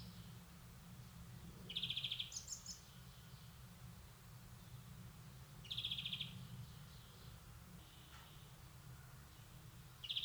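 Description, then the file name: European greenfinch calls: short buzzy trilled bursts about four seconds apart, the first followed by fainter higher notes. "Chloris chloris"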